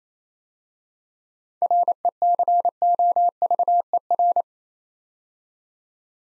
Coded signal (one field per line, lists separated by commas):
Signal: Morse code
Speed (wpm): 29 wpm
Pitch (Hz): 700 Hz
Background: none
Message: RECOVER